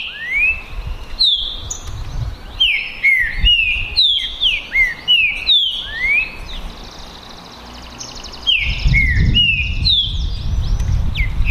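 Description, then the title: Green-winged saltator singing rapid strings of sweet, slurred whistles, phrases tumbling one after another, over a rough low rumbling background noise. Song contest between two trinca-ferro males, Naval versus Demolidor, 2022 season; birds calling, singing and displaying male aggression (macheando) in the dispute. "TRINCA Piando, Cantando E Macheando Na DISPUTA. DISPUTA DE TRINCA FERRO NAVAL VS DEMOLIDOR 2022 TEMPORADA 2022"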